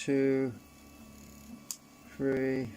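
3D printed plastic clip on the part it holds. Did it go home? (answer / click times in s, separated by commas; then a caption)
released / 1.7 s. A 3D printed plastic clip, stuck on hard, is pulled off the part it holds while someone talks and a steady hum runs underneath. A short, sharp click sounds at 1.7 s as the clip comes free and is released.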